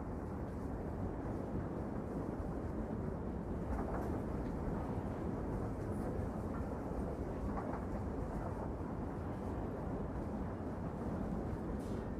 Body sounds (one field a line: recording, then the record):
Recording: background sound without coughing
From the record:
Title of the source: Train Ride Ambience ambient white noise for sleeping, focus, studying, reading